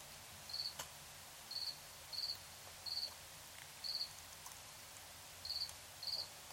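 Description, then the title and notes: Cricket chirping in short pulsed bursts, somewhat irregularly spaced, with faint clicks and a steady hiss behind. Crickets at night in Tiny, Ontario. "Crickets and coyotes. Recorded in Tiny, Ontario by Anton Pickard"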